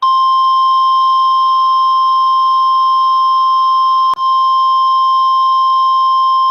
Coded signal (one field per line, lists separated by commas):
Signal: Emergency Alert System (SAME) tones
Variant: 1050 Hz attention tone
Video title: SC SVR On Live Stream EAS Archive From 5-1-22 EAS #537